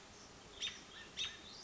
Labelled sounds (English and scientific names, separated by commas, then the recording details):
American Robin (Turdus migratorius)
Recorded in Sonoma County, California